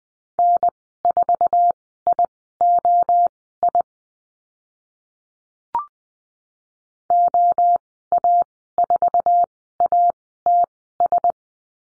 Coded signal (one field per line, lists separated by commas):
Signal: Morse code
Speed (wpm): 20 wpm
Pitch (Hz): 700 Hz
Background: none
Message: N4IOI OA4ATS